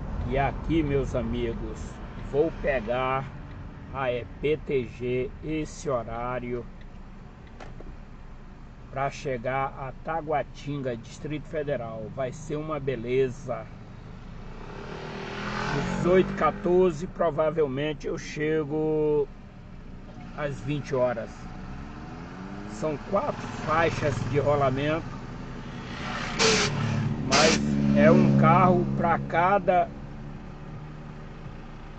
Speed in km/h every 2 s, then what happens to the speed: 13, 8, 5, 0, 0, 0, 0, 0, 0, 0, 0, 0, 0, 0, 0, 0.
0-6 slows to 0. 6-32 standing.